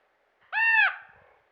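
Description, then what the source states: Common raven giving one loud, short, arched call, clear and tonal with strong overtones, against a quiet background. Several common ravens harassing a bald eagle on its nest.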